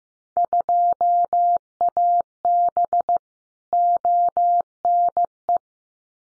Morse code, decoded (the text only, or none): 2AB ONE